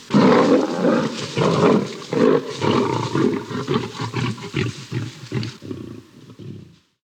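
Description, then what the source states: Lion snarls: loud, rasping roars in rapid bursts that gradually weaken and fade into silence near the end. Lions fighting.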